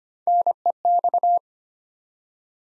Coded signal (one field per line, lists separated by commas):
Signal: Morse code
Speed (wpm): 25 wpm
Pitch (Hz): 700 Hz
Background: none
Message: NEX